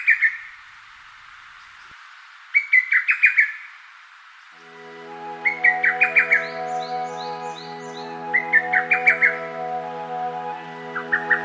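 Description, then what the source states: Lesser cuckoo repeating lively phrases of several notes about every three seconds, with high, thin falling notes in between; a low steady hum starts partway through. Recorded in Rikugien garden, Tokyo, Japan.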